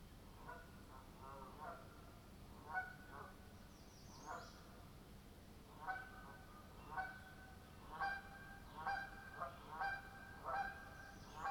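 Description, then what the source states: Canada goose honking: repeated nasal honks in irregular bursts over steady low background noise. Some Canada geese, recorded overnight May 12, 2023, at Deer Lake, Lount township, Almaguin Highlands, Ontario; audio recorder inside a home-property bird feeder.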